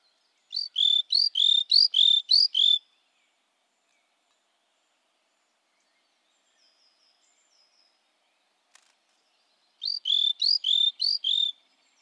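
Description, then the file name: Great tit singing two bursts of quick repeated two-note phrases, high then lower, separated by a long quiet gap with a faint click. "Parus major"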